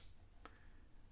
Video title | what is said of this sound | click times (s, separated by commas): Fanttik NEX S1 Pro. Compact Standard 1/4 Electric Screwdriver Redesigned | It has 2 magnets, so it doesn't matter which way it goes into. Clicks, | 0.5 s